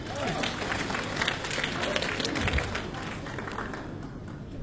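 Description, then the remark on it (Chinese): An audience at the Manzuo crosstalk show claps and applauds steadily for the whole stretch to welcome a kuaibanshu performer, a dense, even wash of many hands with no break, and a few faint voices rising through the noise. “大家掌声有请。”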